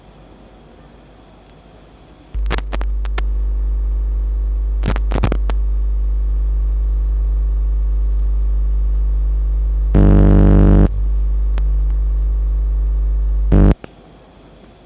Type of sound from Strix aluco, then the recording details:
call. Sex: diverse. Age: adult. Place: Zoologisches Institut der HUB, Berlin, DE. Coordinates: 52.5308, 13.3781. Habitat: garden. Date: 1951-10-31 17:45. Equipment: Elmetra. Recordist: Tembrock, Günter